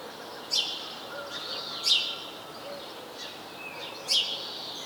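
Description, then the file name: House sparrow calling with three loud, clipped chirps spaced irregularly, softer chirrups and twitters filling the gaps. "Passer domesticus"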